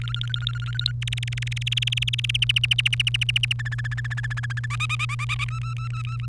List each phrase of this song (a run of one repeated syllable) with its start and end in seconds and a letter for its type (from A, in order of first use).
0.01-0.92 A, 1.02-2.37 B, 2.42-3.53 C, 3.59-4.66 D, 4.70-5.44 E, 5.49-6.27 F